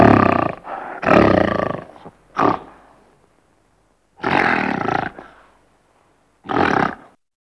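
Gorilla giving loud harsh roars in separate bursts, several close together at first, then two more after silent gaps.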